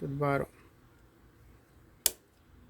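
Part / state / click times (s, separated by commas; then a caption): phone back cover onto phone frame / seated / 2.1 s. A plastic top/back cover of an LG phone is pressed onto the phone frame, worked from the top to the bottom during a battery replacement. Someone talks briefly, then a single sharp snap sounds at 2.1 seconds. The cover clips have seated.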